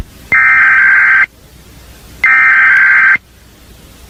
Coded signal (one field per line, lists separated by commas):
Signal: Emergency Alert System (SAME) tones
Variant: header bursts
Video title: Rosita valley disaster | EAS reconstruction